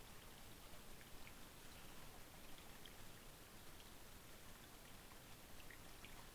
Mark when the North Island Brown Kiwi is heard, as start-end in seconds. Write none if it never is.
none